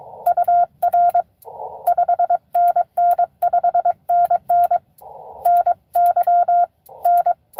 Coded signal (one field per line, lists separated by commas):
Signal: Morse code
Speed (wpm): 21 wpm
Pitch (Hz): 700 Hz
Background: none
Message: UR 5NN 5NN NY N